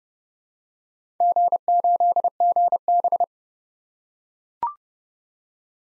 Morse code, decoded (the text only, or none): G8GB